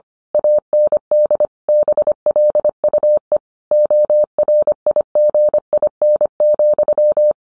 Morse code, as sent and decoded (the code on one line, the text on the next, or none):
.- -. -.. / -... .-.. ..- . / --- .-. .. --. .. -. --..--
AND BLUE ORIGIN,